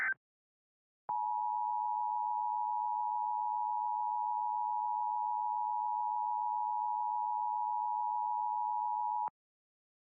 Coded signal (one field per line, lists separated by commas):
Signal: Emergency Alert System (SAME) tones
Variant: 853 and 960 Hz attention tone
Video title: EAS Scenario/Analog Horror - FLUX